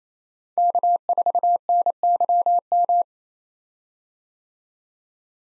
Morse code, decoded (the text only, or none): K4NYM